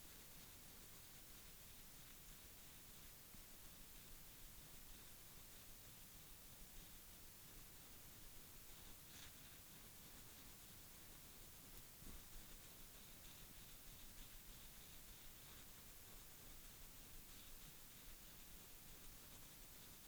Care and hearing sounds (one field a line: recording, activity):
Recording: daily activity, guitar pickup as the sensor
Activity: brush teeth